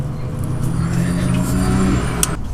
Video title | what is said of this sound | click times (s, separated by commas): O2 Sensor Replacement | Again, push it in till it clicks and then give a little tug back to make sure | 2.2 s